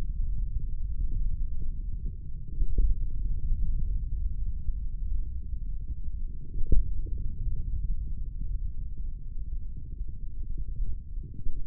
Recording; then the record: forearm muscle sounds (acoustic myography)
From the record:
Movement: hand opening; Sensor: system 3, bracelet of six PUI Audio POM-2738L microphones around the upper forearm, with dedicated amplification and filtering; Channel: 1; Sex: male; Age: 25 years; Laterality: right